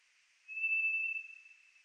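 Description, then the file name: White's thrush whistle: a single drawn-out, pure, level note that fades gradually, heard against a faint hiss. Recorded 3 July 2004. "040703 toratugumi"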